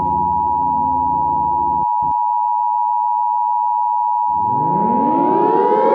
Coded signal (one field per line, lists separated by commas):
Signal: Emergency Alert System (SAME) tones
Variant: 853 and 960 Hz attention tone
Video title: The Great Serial Killer Spree: a serial killer EAS Scenario